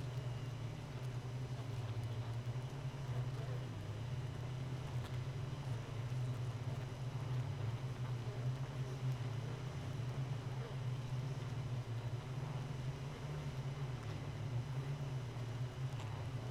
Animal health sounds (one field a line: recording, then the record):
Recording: honeybee colony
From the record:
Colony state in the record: missing queen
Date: 31 May 2018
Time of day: 4:34